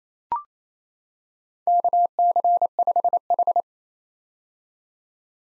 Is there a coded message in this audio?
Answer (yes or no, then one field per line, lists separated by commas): yes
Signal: Morse code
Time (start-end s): 1.7-3.6 s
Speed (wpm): 28 wpm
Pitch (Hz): 700 Hz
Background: none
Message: KC5H